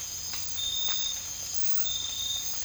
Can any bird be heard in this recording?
no